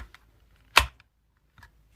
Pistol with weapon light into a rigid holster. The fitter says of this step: stick it back in here let you hear the click nice